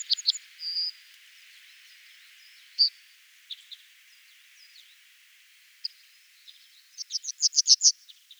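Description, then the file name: Yellowhammer song: brief repeated notes and a held note at the start, thin scattered calls in between, then another rapid burst of several repeated notes. Recorded at Oberwattenbach on 9 February 2014. "Goldammer. Oberwattenbach. Michle Pron"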